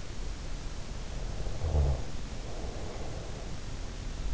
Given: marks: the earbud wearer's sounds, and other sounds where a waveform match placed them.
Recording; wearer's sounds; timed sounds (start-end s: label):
sounds in sleep by an in-ear microphone; snoring breath
1.37-3.76 s: snoring breath